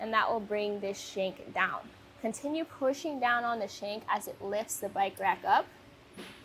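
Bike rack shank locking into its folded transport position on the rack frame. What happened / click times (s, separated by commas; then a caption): Handled, not yet seated: no locking snap yet / none. A Thule Epos 3-bike platform bike rack is handled: a foot steps on its lever and the hitch shank (stinger) is pushed down, lifting the rack up as the shank moves toward its locked transport position on the rack frame. Someone talks throughout, with no distinct mechanical sounds heard. Nothing has seated or clicked yet; the shank has not snapped into place by the end of the clip.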